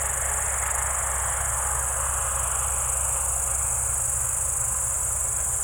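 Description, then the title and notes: Crickets chirring in a continuous high-pitched, steady buzz, with a low engine rumble droning underneath throughout. Evening crickets at Spalona Pass, Bystrzyckie Mountains, Poland, 18 July 2024 around 19:00; old tractor mowing grass in the village below in background. "Spalona 6, 57-516, Polska - Spalona Pass - crickets and haymaking. Przełęcz Spalona w Górach Bystrzyckich. wieczorne świerszcze"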